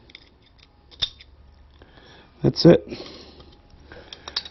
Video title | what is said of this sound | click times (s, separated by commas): C14 Fork Seal | know it's in cuz you'll hear it click | 1.0 s